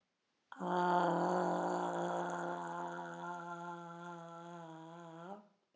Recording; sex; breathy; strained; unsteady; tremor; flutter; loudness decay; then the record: sustained vowel /a/; female; absent; present; present; absent; absent; absent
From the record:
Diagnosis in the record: healthy control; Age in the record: 72 years